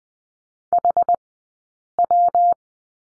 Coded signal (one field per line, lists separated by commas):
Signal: Morse code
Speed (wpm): 20 wpm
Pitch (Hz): 700 Hz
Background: none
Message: HW